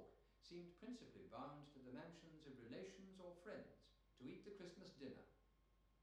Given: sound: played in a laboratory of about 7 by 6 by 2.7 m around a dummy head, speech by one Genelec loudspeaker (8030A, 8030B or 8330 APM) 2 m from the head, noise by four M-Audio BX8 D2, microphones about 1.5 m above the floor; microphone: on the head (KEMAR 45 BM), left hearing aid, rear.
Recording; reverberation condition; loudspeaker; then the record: male speech in English; medium; 150 degrees to the right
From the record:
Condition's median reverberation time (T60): about 510 ms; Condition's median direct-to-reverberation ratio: about -0.5 dB